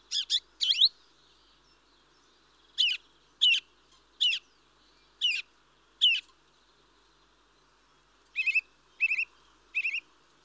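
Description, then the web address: Mistle thrush delivering clear whistled notes in short bursts with gaps, followed by three similar, more complex notes near the end. "The BBC Sound Effects Library. Mistle Thrush (Turdus Viscivorus)"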